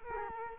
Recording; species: mosquito wingbeat signal from an infrared sensor; Culex quinquefasciatus